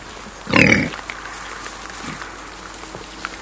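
Wild boar lets out a single loud, hoarse squeal near the start, then only faint rustling and a soft grunt follow.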